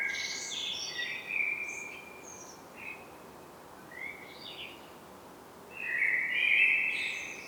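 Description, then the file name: Common blackbird song with high squeaky twitters, scattered short whistled notes, then a full mellow warbling phrase near the end. "Turdus merula"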